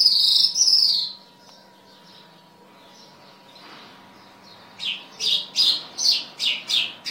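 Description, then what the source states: Bimaculated lark: a high buzzy note, a pause, then a run of several short notes. Recorded in Afghanistan.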